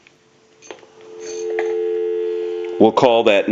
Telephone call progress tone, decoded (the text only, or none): dial tone